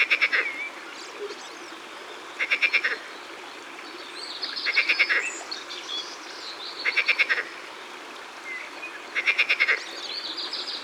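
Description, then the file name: Marsh frog repeating short, raspy pulsed croaks roughly every two seconds, with faint whistled chirps and a hissing background throughout. Laughing green frog recorded in the Ardèche, France, as part of a collection of natural soundscapes. "Grenouille-Verte-Rieuse-Concerts-Naturels-De-l Ardeche"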